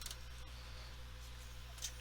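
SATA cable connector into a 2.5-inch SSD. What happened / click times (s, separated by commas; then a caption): The connector is being handled but has not yet clicked home / none. A SATA data/power cable connector is handled and gently pushed up toward a new 2.5-inch SSD being installed in an HP all-in-one computer. Two brief, soft ticks come near 0.1 s, with a faint rustle near 1.8 s, over a steady low hum. Nothing has seated or clicked yet.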